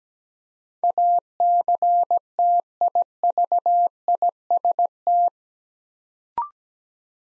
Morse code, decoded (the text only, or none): ACTIVIST